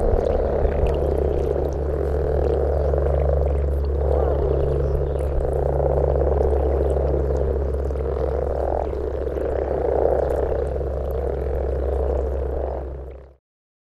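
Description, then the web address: Common frogs croaking together in an unbroken, low rumbling purr, a steady hum underneath, then the sound cuts off abruptly at the end. Recorded in Parc Ela in May 2021. "parc ela 2021-05 grasfrosch"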